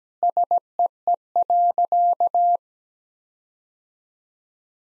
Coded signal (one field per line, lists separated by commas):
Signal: Morse code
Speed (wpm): 17 wpm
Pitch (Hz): 700 Hz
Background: none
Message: SEE.